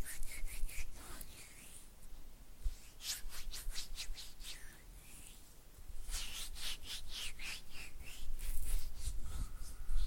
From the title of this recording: Oily Hand and Flutter Finger Sounds